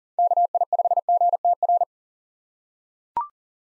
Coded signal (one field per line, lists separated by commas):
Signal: Morse code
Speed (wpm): 40 wpm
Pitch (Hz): 700 Hz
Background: none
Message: KI5GTR